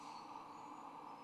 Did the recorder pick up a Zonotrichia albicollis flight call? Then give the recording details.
no. No flight call is heard. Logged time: 02:22 on 26 November 2014